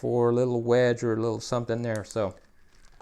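Someone talks while a screwdriver bit is handled at a metal DeWalt MAX FIT locking bit holder, whose small wedge is meant to engage the groove on the bit. Only faint handling noise is heard under the speech, with a small tick near the end. Nothing has seated or clicked yet.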